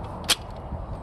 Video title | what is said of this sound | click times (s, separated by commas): Compact, Light, but LONG Ladder - SocTone 12.5 FT Aluminum Telescoping Extension Ladder Review | and when you hear it click | 0.3 s